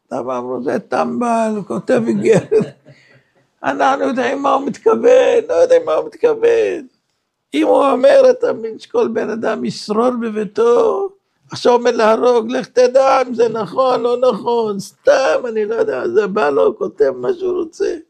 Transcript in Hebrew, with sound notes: למה אמרו זה טמבל? כותב הגבר. [צחוק] אנחנו יודעים מה הוא מתכוון, לא יודעים מה הוא מתכוון. אם הוא אומר, אתה מבין שכל בן אדם ישרור בביתו, עכשיו אומר להרוג, לך תדע אם זה נכון, לא נכון, סתם אני לא יודע זה בא לו כותב מה שהוא רוצה.